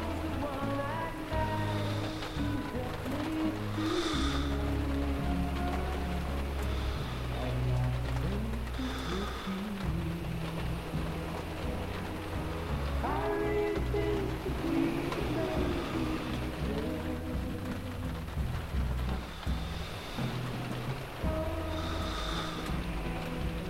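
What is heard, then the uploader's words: Rain on a rainy night pours in a steady, dense hiss, layered over low sustained rumbling tones and drifting pitched sounds throughout. A Rainy Night by the Ocean.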